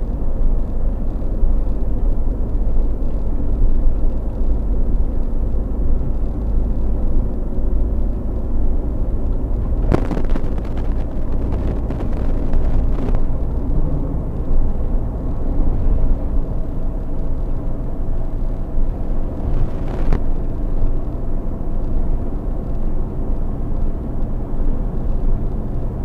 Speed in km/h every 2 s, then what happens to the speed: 61, 61, 62, 64, 64, 66, 68, 68, 70, 72, 72, 74, 74.
0-26 speeds up to 74.